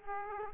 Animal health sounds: mosquito wingbeat signal from an infrared sensor; Aedes aegypti

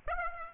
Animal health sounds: mosquito wingbeat signal from an infrared sensor; Aedes aegypti

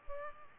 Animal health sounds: mosquito wingbeat signal from an infrared sensor; Culex pipiens

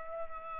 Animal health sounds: mosquito wingbeat signal from an infrared sensor; Aedes aegypti

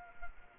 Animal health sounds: mosquito wingbeat signal from an infrared sensor; Anopheles arabiensis

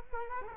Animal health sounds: mosquito wingbeat signal from an infrared sensor; Culex quinquefasciatus

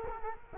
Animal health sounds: mosquito wingbeat signal from an infrared sensor; Culex quinquefasciatus

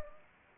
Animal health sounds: mosquito wingbeat signal from an infrared sensor; Anopheles gambiae

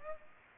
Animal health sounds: mosquito wingbeat signal from an infrared sensor; Aedes aegypti

